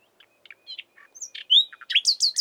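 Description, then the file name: Common nightingale singing soft, varied notes and a bright upward whistle, building to loud, repeated downslurred notes. "Luscinia megarhynchos"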